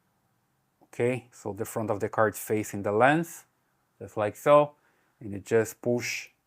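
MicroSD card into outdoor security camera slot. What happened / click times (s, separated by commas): The small card is being handled and pushed but has not clicked home yet / none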